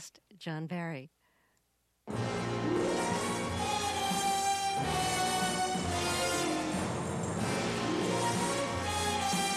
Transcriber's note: Soundbite of Thunderball